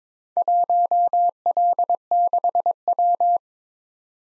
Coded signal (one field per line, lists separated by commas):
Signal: Morse code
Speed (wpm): 22 wpm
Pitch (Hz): 700 Hz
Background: none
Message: 1L6W